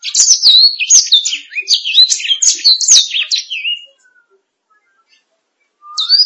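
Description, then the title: Canary song, a fast run of bright whistled and trilled notes sliding up and down for about four seconds, a pause, then a short whistle resuming. "BM Suara Kenari"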